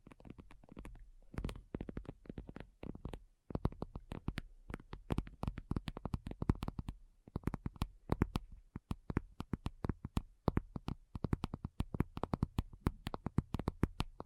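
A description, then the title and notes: Quick, crisp tapping of fingers plays almost without pause, each tap a sharp click with a soft low thump under it. The taps come in dense, uneven bursts, with a brief gap near three and a half seconds and another near eight. ASMR Addictive Tapping.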